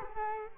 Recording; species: mosquito wingbeat signal from an infrared sensor; Culex quinquefasciatus